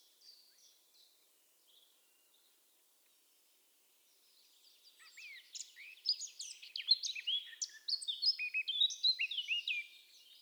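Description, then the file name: Eurasian blackcap: a few faint, scattered high notes at first, then a loud, rapid, varied warble that continues steadily for about the last six seconds. "Sylvia atricapilla"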